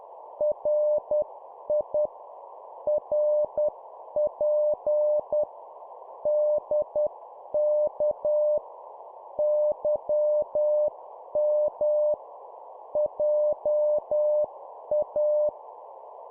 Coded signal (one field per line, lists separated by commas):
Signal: Morse code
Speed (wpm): 10 wpm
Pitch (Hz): 600 Hz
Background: none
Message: RI RP DK YM JA